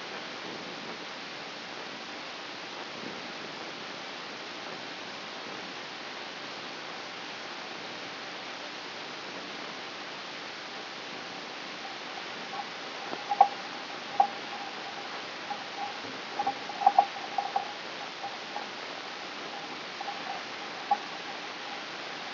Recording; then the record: brain microelectrode recording played as sound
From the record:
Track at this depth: outside the subthalamic nucleus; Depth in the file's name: 7.727 mm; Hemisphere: right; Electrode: 2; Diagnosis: Parkinson's disease